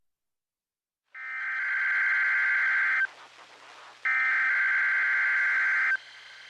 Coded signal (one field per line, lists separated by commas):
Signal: Emergency Alert System (SAME) tones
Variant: header bursts